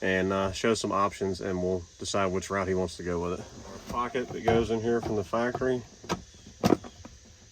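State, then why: Seated. Someone talks while the factory plastic storage pocket is pushed back into its truck dashboard opening, where the brake controller had been. The pocket's trim clips give short, sharp snaps at 6.7 s and 6.7 s as it seats in place.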